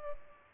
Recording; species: mosquito wingbeat signal from an infrared sensor; Culex pipiens